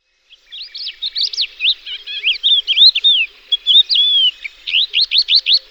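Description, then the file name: Thekla's lark song, a rapid, varied stream of sweet whistled notes and short rolling trills, continuous throughout with brief pauses between phrases. "Galerida theklae"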